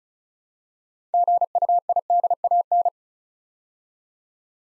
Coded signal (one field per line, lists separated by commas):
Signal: Morse code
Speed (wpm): 36 wpm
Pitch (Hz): 700 Hz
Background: none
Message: GUIDAN